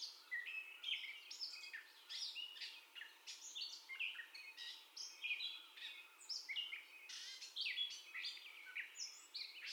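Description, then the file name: Gray catbird singing steadily, a run of harsh buzzy notes mixed with clear whistles and chirps, never settling into a repeated pattern. Gray catbird's first song heard, recorded 30 May 2021. "2021-05-30 Catbird First Song"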